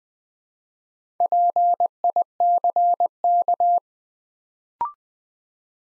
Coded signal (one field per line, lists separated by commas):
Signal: Morse code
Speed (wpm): 20 wpm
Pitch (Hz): 700 Hz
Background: none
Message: PICK